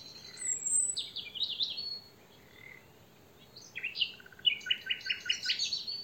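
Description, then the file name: Common nightingale singing a phrase of high notes, a pause, then a fast series of repeated notes. "Luscinia megarhynchos"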